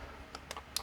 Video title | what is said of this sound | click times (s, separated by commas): The Cheapest Audi 3.0T Throttle Body You Can Buy - 80mm Throttle Body Install DIY | push it in until you hear that click, and then you can just kind of set that off to the side and get ready to install the throttle body. | 0.8 s